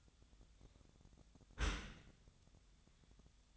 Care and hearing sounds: daily activity, microphone in the room; close dishwasher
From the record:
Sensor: 3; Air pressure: 1004.6 hPa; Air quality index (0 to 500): 108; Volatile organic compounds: 4 ppm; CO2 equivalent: 1698 ppm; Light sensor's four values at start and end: 7/17/7/6 and 7/17/7/6

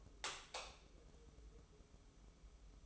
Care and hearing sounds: daily activity, microphone in the room; light off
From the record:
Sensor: 1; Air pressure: 995.4 hPa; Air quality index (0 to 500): 25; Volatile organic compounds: 0 ppm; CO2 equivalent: 504 ppm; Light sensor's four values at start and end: 14/40/15/16 and 10/25/10/11

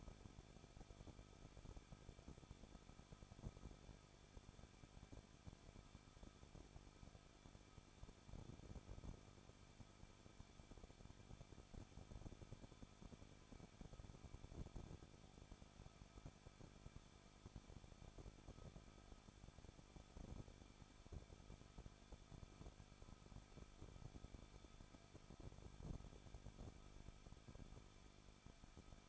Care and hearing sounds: daily activity, microphone in the room; no activity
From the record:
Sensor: 5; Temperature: 20.9 degrees Celsius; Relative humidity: 38.3%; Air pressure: 1006.4 hPa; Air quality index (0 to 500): 190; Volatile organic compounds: 20 ppm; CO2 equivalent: 2675 ppm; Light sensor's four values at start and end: 2/3/1/1 and 2/3/1/1

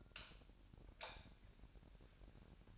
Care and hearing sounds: daily activity, microphone in the room; light off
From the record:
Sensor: 2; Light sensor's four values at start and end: 15/40/16/16 and 10/23/10/10

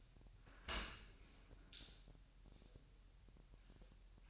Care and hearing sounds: daily activity, microphone in the room; open dishwasher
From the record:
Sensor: 2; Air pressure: 1000.3 hPa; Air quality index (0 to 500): 245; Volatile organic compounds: 89 ppm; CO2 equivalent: 3674 ppm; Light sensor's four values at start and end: 9/21/8/8 and 9/21/8/8

